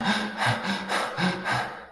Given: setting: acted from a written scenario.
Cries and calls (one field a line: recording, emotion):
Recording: vocal sound without words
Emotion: distress